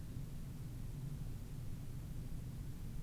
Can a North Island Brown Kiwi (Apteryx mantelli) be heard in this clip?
no